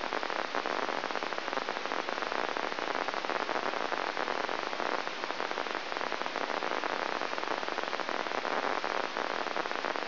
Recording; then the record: brain microelectrode recording played as sound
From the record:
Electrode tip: inside the subthalamic nucleus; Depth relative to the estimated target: 1 mm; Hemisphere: left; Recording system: AlphaMap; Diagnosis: Parkinson's disease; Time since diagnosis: 20 years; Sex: female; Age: 65 years